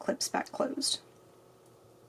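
A small metal filigree box clasp on a multi-strand bracelet is being handled, with its tongue about to go into the clasp box. Someone talks for about the first second, then only a quiet low background remains. Nothing has seated or clicked yet.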